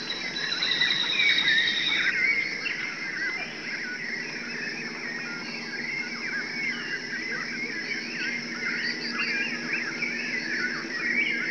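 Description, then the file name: Birds in a dense chorus of chirps and warbled notes overlapping continuously, with a steady background hiss. "birds 01"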